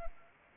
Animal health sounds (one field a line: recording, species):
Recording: mosquito wingbeat signal from an infrared sensor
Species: Anopheles arabiensis